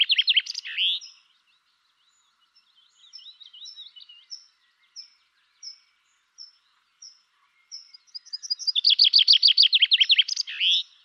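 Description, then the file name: Common chaffinch singing: a rattling trill ending in a sharp flourish, with several soft high notes repeated between phrases. "Fringilla coelebs"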